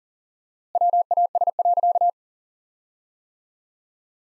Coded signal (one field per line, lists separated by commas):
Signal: Morse code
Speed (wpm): 40 wpm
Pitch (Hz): 700 Hz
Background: none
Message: WAS.